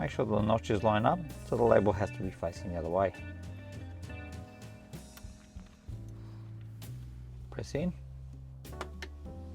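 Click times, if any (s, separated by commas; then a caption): 8.8 s, 9.0 s. Someone talks over background music while a DDR3 memory module, with its notch lined up and its label facing the other way, is pressed into the memory riser slot of a Late 2013 Mac Pro. Two sharp clicks at 8.8 s and 9.0 s mark the module latching and seating in the slot.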